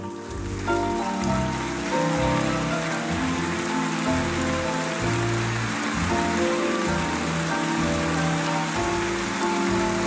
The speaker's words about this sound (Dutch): Ik denk dat hij hier een dansje deed of zo. Of een beweging, iets... Hij moet iets gedaan hebben waardoor ze gaan klappen. Ik ken deze opname wel ook in beeld. Zwart-wit nog.